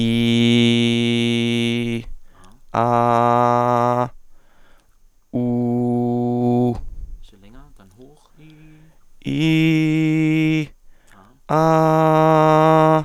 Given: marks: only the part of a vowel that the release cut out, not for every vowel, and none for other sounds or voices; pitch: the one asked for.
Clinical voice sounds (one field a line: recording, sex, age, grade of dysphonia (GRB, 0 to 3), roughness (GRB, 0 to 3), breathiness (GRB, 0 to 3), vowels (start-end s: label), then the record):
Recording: sustained vowels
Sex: male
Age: 20 to 29 years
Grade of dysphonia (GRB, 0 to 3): 0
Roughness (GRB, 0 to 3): 0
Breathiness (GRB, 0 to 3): 0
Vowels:
0.00-1.75 s: vowel /i/, normal pitch
2.87-3.91 s: vowel /a/, normal pitch
5.47-6.39 s: vowel /u/, normal pitch
9.49-10.59 s: vowel /i/, high pitch
11.59-12.82 s: vowel /a/, high pitch
From the record:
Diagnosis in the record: dysphonia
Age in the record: 21 years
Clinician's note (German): Lediglich etwas Schleim, sonst unauffällige Stimme